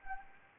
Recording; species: mosquito wingbeat signal from an infrared sensor; Anopheles arabiensis